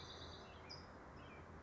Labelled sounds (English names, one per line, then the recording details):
California Towhee
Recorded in Sonoma County, California